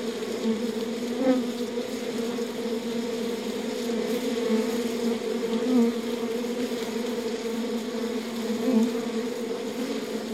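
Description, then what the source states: Bee buzzing: steady collective hum of many bees, with brief louder buzzes from individual bees now and then. Bees at a beehive.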